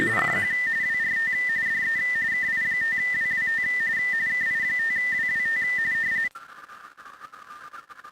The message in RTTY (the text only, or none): CQ WRT DE KI5WWT KI5WWT